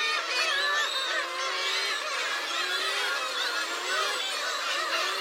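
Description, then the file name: Gulls in a crowded chorus, wavering mewing cries and squeals layered together continuously. Large group of gulls, Hachinohe, Japan. "BIRD SEAGULLS HACHINOHE LARGE GROUP"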